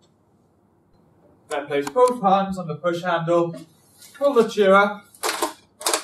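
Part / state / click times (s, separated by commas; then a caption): pushchair frame folding lock / seated / 5.8 s, 5.9 s. Someone talks while a folded Swifty pushchair is unfolded by placing both hands on the push handle and pulling the chair up. The pushchair's frame folding lock clicks into place at 5.8, 5.9 and 5.9 seconds, seating the frame.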